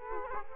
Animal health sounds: mosquito wingbeat signal from an infrared sensor; Culex quinquefasciatus

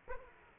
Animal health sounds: mosquito wingbeat signal from an infrared sensor; Aedes aegypti

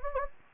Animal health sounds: mosquito wingbeat signal from an infrared sensor; Anopheles gambiae

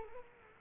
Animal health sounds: mosquito wingbeat signal from an infrared sensor; Culex quinquefasciatus

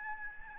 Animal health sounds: mosquito wingbeat signal from an infrared sensor; Aedes albopictus

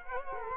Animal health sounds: mosquito wingbeat signal from an infrared sensor; Culex quinquefasciatus

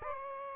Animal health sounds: mosquito wingbeat signal from an infrared sensor; Aedes aegypti

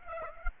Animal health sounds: mosquito wingbeat signal from an infrared sensor; Aedes aegypti

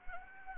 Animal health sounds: mosquito wingbeat signal from an infrared sensor; Anopheles gambiae

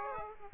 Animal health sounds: mosquito wingbeat signal from an infrared sensor; Aedes aegypti

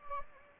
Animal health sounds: mosquito wingbeat signal from an infrared sensor; Anopheles gambiae

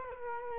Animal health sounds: mosquito wingbeat signal from an infrared sensor; Culex quinquefasciatus

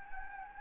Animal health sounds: mosquito wingbeat signal from an infrared sensor; Anopheles gambiae

